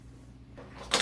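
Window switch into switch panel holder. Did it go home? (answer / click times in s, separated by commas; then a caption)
yes / 0.9 s. A plastic window switch for a Discovery 1 and 2 switch panel is placed into a new metal switch holder and pushed in. After a quiet low hum and faint rising rustle, a sharp, loud click sounds at 0.9 s as the switch clicks home and seats in the holder.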